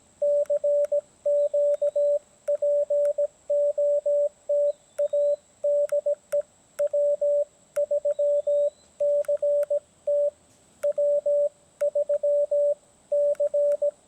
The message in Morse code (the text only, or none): CQ POTA DE W3CT W3C